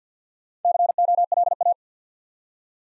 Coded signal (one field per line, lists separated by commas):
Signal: Morse code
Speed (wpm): 53 wpm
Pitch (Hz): 700 Hz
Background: none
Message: COLA